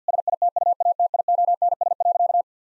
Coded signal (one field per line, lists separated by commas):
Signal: Morse code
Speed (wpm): 50 wpm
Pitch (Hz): 700 Hz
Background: none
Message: SITUATIONS.